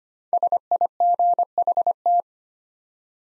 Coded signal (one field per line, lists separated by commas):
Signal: Morse code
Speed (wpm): 25 wpm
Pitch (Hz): 700 Hz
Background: none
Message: SIGHT